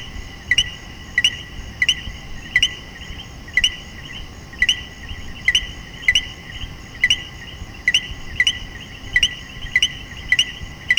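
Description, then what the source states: Common coquí calling, many two-note co-qui calls at short intervals, each a short note leaping to a higher chirp, over a steady background hum. Several common coquí frogs calling in Puerto Rico.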